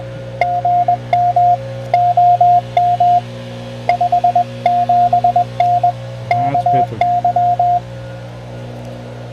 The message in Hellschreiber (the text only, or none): none